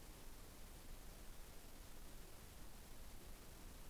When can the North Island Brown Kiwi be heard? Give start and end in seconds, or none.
none